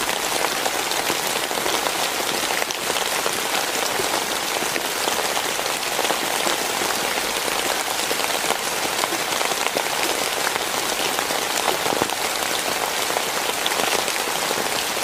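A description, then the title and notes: Steady, dense rain patters on a surface, a constant hiss of countless drops with little low rumble and no pauses. Sound of Rain.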